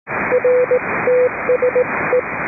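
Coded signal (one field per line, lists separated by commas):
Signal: Morse code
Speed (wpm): 18 wpm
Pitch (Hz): 500 Hz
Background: radio noise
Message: RTSE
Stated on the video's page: Net on 3.729 MHz, net control operating fully remote from aboard a boat.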